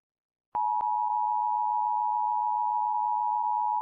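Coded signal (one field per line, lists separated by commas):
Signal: Emergency Alert System (SAME) tones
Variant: 853 and 960 Hz attention tone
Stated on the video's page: Fictional EAS scenario about EF5 tornadoes, simulated.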